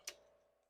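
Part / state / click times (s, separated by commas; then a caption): vent hose quick connector onto fitting / seated / 0.1 s. The other end of a vent hose quick connector is pushed onto its fitting on the other side. A single sharp click sounds at 0.1 s, followed by a faint lingering ring as the connector seats and locks on.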